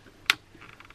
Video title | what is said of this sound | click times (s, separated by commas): Sena Headset Install & Operation - 30k - New 2018 | there we go wait for the click that took a little bit of extra force and I would really wanted to do okay | 0.3 s